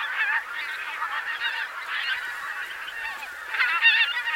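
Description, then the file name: Pink-footed goose: pink-footed geese in a noisy flock, rapid overlapping honks and squeaky yelps, growing louder and denser near the end. "Oca de bec curt"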